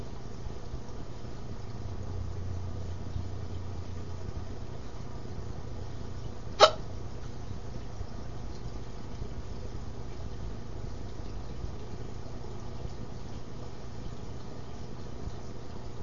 Hiccups.